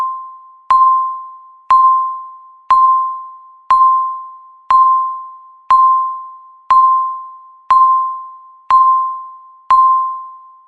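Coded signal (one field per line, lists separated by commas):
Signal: radio time signal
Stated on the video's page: A countdown timer beeping every second, ending in a loud alarm.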